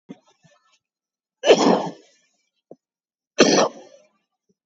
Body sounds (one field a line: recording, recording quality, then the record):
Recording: shallow voluntary cough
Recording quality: excellent, no background noise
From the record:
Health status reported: COVID-19 positive, moderate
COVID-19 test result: positive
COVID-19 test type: RT-PCR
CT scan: taken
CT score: 10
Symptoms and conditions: cough, cold, fever, fatigue, muscle pain, loss of smell and taste, diarrhoea, diabetes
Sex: male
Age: 47 years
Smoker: no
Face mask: worn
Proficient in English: yes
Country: India